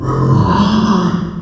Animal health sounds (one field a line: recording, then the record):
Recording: squeal of a Yucatan mini pig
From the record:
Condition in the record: after surgery on the right vocal fold (resection and tissue-engineered implant)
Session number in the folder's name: 16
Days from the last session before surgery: 183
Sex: female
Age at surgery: 19 weeks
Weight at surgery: 25 kg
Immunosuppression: prednisolone